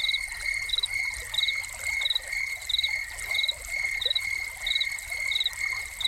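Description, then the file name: Cricket chirping in clear, evenly spaced high pulses, with soft splashing water behind. Crickets heard together with a fountain, presented as a soundscape. "Crickets and Fountain"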